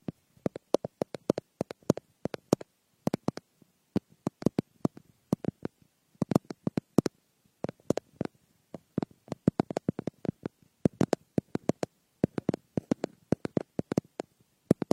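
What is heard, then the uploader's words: Crisp crackles and taps from picking at a frosted bath ball, arriving in quick irregular bursts of sharp clicks with brief pauses between clusters. Each snap is bright and dry, with only a faint low hum underneath. Frosted Bath Ball Ear Picking Experience.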